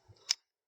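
A motor position sensor is pushed by hand into the housing of a Toyota MMT gearbox gear-shift actuator (Auris/Yaris). Faint, low handling sounds come first, then a single sharp, bright click at 0.3 s as the sensor seats in the actuator housing, followed by silence.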